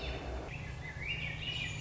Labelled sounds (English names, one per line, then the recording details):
Swainson's Thrush
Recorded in Sonoma County, California